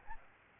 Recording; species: mosquito wingbeat signal from an infrared sensor; Aedes albopictus